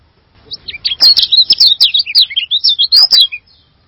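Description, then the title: Bird singing a fast, varied twittering phrase of high chirps and short trills, quiet at first and ending abruptly, with several sharp clicks. "burung"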